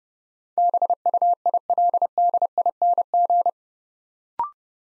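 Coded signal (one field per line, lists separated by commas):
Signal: Morse code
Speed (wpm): 28 wpm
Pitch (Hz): 700 Hz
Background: none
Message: BUILDING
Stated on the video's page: Morse practice set building 8-letter words two letters at a time at 30 wpm, for instant character recognition training.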